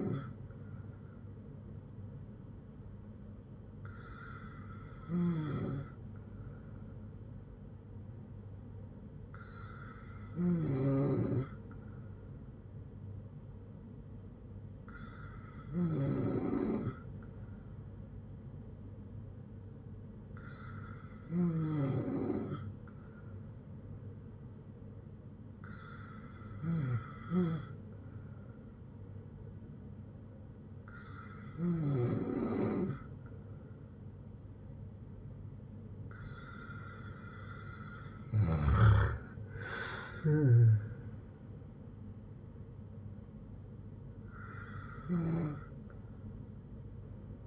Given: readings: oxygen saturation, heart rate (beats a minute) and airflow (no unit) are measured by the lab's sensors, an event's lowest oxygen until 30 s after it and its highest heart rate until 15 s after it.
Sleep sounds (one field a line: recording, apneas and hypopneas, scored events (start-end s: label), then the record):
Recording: breathing in sleep by a smartphone at the bedside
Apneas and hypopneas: none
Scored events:
none scored
From the record:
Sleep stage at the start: N2 (light sleep)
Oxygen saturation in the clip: 94 to 95%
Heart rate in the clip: 59 to 77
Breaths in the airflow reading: 9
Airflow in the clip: -7.2 to 11.0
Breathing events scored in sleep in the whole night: 182 in 7.4 hours asleep